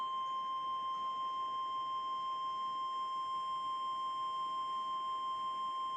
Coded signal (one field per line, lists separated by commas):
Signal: Emergency Alert System (SAME) tones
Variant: 1050 Hz attention tone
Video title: EAS alerts on 3/3/2023